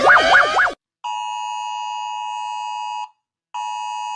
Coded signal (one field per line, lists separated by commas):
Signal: Emergency Alert System (SAME) tones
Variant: 853 and 960 Hz attention tone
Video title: Rating EAS alarm (wait for malaysia) volume down if malaysia siren here